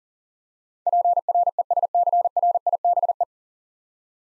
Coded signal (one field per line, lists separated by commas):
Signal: Morse code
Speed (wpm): 40 wpm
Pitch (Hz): 700 Hz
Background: none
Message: PRESCRIBE